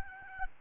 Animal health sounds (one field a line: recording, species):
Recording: mosquito wingbeat signal from an infrared sensor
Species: Aedes albopictus